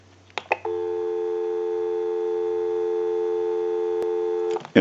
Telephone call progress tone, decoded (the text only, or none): dial tone